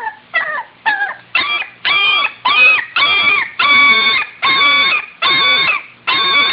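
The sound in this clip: Dog: puppy crying in repeated tonal whimpers that rise then fall, growing longer and steadier, roughly one to two each second.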